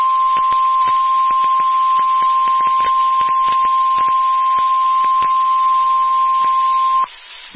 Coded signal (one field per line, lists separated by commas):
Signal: Emergency Alert System (SAME) tones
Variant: 1050 Hz attention tone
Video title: Lubbock Area NOAA Weather Radio (EAS 98-101)